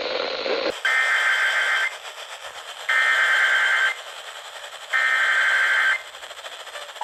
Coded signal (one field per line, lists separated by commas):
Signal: Emergency Alert System (SAME) tones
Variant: header bursts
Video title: EAS Alerts From 6/9/25: A Compilation (EAS 734-742)